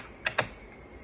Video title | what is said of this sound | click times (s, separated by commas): Bernina 770 QE Kaffe edition maintenance | like that until you heard a little snap | 0.4 s